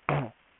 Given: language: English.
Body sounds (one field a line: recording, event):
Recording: throat vibration sensor signal played as sound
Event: throat clearing